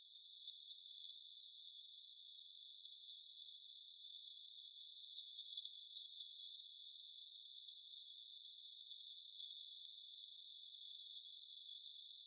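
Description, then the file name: Eurasian blue tit repeating short phrases of high, thin notes ending in a brief buzzy trill, several bouts separated by quiet gaps over light background hiss. "Cyanistes caeruleus"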